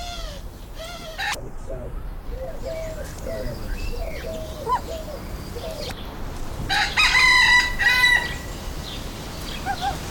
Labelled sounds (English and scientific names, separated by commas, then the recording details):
Rough-legged Buzzard (Buteo lagopus) call
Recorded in captivity
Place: Zoo Halle, Sachsen-Anhalt, DE
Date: 1995-04-09 14:45
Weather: wolkig, ca. 10°C
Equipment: Marantz CP 430, Sennheiser ME 80, Kopie Uher 4000 Report Monitor
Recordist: Tembrock, Günter